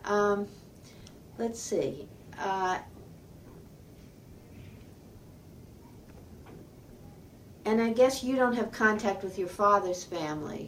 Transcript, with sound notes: Um, let's see. Ah -- [pause] and I guess you don't have contact with your father's family.